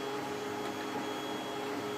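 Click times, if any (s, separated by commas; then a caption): none. An SD card, picture side facing out, is lined up in the 3D printer's SD card slot with its blue plastic surround. Only a steady mechanical hum and hiss with faint tonal lines is heard, with no sharp hits. The card has not clicked into place yet.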